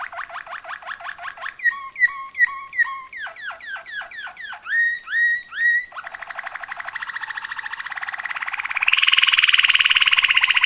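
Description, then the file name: Waterslager canary song: rapid trilled series, then liquid bubbling notes dipping from high to low, repeated in quick succession, ending in a loud buzzy rattling trill. Song variations of a Waterslager canary. "kenari waterslager variasi omkicau"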